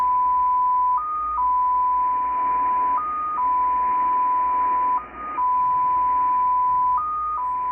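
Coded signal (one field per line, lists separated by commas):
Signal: numbers station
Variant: XPA2 polytone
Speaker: so not a lot of info once again uh this is short I've heard much longer messages so it seems that today there's nothing for the spies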